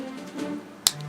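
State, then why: Seated. An assembled plastic building-toy lower leg is pressed onto its foot piece over a faint low hum. A sharp, loud click at 0.9 s marks the leg snapping onto the foot, followed by a faint tick at 1.0 s. The leg is seated.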